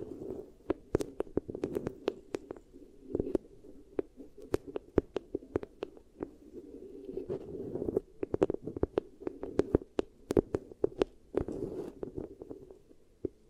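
Beeswax ear triggers: a soft, muffled rubbing hum runs throughout, broken by frequent sharp crackles and clicks at irregular moments, busiest around eight to eleven seconds.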